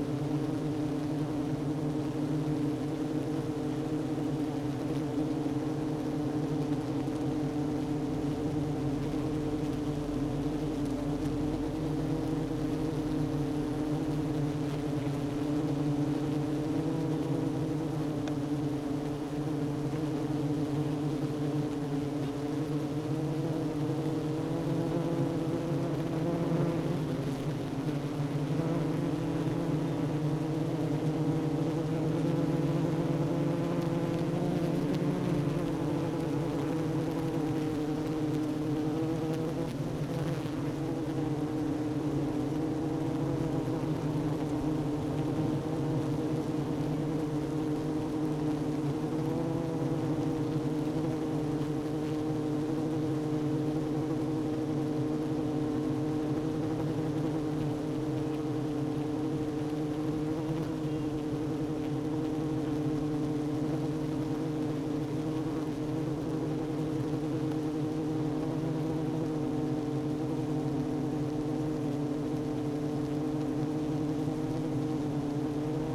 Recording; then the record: honeybee colony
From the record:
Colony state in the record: active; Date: 12 June 2018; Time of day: 11:01